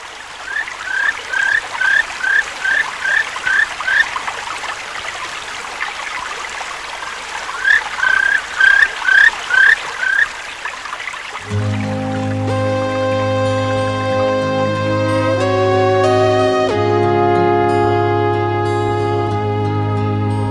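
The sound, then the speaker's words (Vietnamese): A babbling stream at the edge of a forest rushes steadily while a bird repeats quick high chirps in bursts; after about eleven seconds the water gives way to a bright, sustained musical passage. “Ra đến bìa rừng, nghe tiếng chim hót líu lo, suối chảy róc rách, cô đã chạy tọt vào rừng.”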